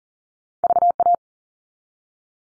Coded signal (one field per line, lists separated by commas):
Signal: Morse code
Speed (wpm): 40 wpm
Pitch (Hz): 700 Hz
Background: none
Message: VA